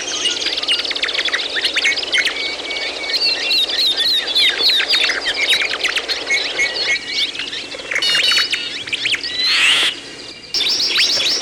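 Many birds twittering together in fast high chirps and whistles, thinning out after about seven seconds into separate calls with brief noisy bursts.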